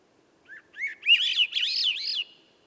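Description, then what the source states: Swainson's thrush song, one breezy whistled phrase that climbs in pitch through a series of rolling, looping notes, with nothing else audible. Single wild bird singing at dusk by a campsite, perched 3 m up in a red alder at a cut clearing among young western hemlock and redcedar; from a 15-minute performance; nearby birds silent.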